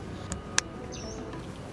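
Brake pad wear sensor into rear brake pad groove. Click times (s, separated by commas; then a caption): 0.6 s. A rear brake pad wear sensor on a BMW F10 is pressed into the groove of the piston-side brake pad over quiet background music. A faint tick at 0.3 s is followed by a sharp, loud click at 0.6 s, showing the sensor is properly seated in the pad.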